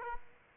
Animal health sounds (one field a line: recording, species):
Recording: mosquito wingbeat signal from an infrared sensor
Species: Aedes aegypti